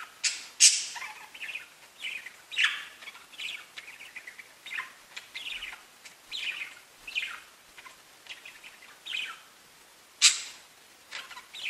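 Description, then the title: Budgerigar chatter with irregular chirps, squeaks and descending whistled notes, punctuated by a few sharp louder clicks. "Budgie Sounds"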